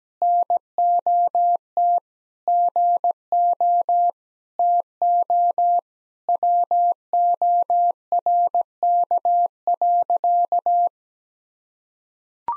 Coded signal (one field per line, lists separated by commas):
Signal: Morse code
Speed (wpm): 17 wpm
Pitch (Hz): 700 Hz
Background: none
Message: NOT GO TO WORK.